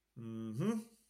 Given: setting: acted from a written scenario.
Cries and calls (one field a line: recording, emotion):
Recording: vocal sound without words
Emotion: pride